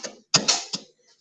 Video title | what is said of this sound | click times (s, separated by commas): Third Rail Thursday - Live with Big C ! | That makes a little snap sound. | 0.4 s